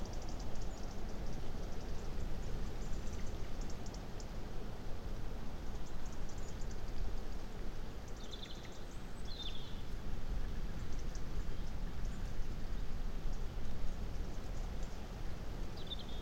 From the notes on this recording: The soundview of this wide panoramic landscape changes with the wind.